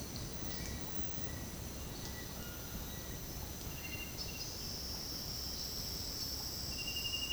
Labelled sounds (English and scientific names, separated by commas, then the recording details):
none
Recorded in secondary vegetation near Puerto Asís, Putumayo, Colombia, on 18 February 2024 at 09:00
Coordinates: 0.468, -76.324
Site G6381